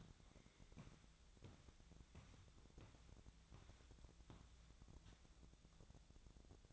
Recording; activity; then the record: daily activity, microphone in the room; walk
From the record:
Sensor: 3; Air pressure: 1012.2 hPa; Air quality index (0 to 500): 183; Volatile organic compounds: 3 ppm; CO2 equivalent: 1404 ppm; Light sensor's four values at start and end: 50/134/58/60 and 50/134/58/61